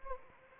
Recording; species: mosquito wingbeat signal from an infrared sensor; Anopheles arabiensis